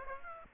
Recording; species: mosquito wingbeat signal from an infrared sensor; Aedes aegypti